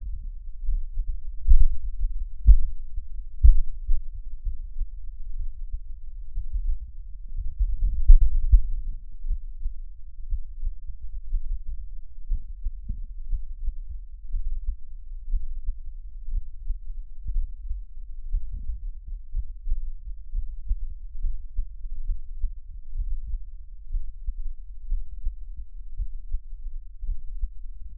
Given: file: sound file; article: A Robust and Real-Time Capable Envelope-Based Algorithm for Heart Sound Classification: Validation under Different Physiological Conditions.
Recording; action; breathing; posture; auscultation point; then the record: heart sounds by electronic stethoscope; rest; normal; lying on back; Erb’s point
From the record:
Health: healthy, no known heart disease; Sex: male